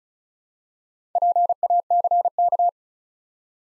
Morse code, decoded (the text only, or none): PACK